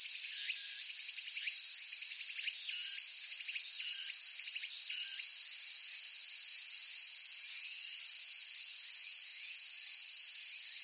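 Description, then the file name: Tsukutsukuboshi cicada song: bursts of rhythmic pulsed phrases during the first five seconds over a constant high-pitched insect hiss that carries on after they fade. "tsukutsukuboushi cry"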